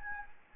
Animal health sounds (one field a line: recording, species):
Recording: mosquito wingbeat signal from an infrared sensor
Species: Anopheles gambiae